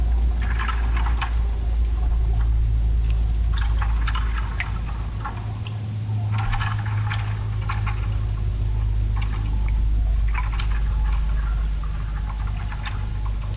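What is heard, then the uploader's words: Marsh sounds heard from underwater, muffled, over a steady deep rumble that runs the whole time. Small clicks and crackling ticks come in loose clusters every few seconds, with quieter murmuring between them. This recording was made using a hydrophone in the marsh at Carkeek Park in Seattle. The surrounding soundscape is muted as it is filtered through the water, much like thoughts in dreams. Recorded by Steven Barsotti.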